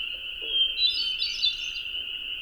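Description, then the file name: Hermit thrush giving a brief burst of high, wavering notes over a constant shrill background drone. Recorded at dusk. "hermit thrush dusk with calls"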